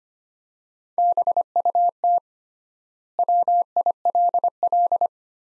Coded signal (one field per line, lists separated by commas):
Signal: Morse code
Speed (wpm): 25 wpm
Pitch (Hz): 700 Hz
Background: none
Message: BUT WILL